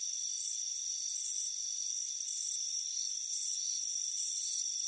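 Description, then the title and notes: Chorus of crickets: bright pulsed chirps of varying length overlap a steady high ringing background. Crickets chirping on a warm afternoon on a front porch. "Soothing Crickets Chirping Sound. It's a warm afternoon as you relax in a hammock on the front porch. Relax and fall asleep to the soothing sound of chirping crickets. Deep Sleep Sounds"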